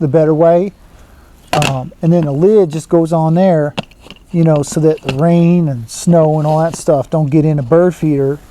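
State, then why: Not seated. A lid is handled at the top of the tube of a Wild Birds Unlimited Eliminator squirrel-proof bird feeder; the lid keeps rain and snow out. Someone talks throughout, with no distinct handling sounds standing out. Nothing has seated or clicked yet.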